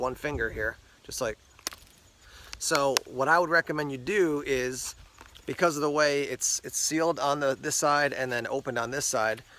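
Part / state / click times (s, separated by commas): kukri blade in Kydex sheath / released / 1.7 s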